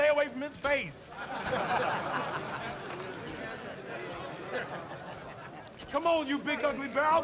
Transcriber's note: soundbite of laughter